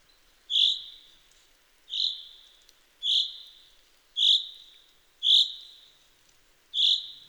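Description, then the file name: Common chaffinch giving a steady series of short, bright high call notes, roughly one per second, each fading quickly. "Fringilla coelebs"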